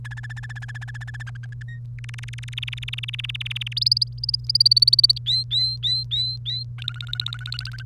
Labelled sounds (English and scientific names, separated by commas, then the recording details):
Domestic Canary (Serinus canaria) song
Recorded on 1 May 2018 at 05:58
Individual llb3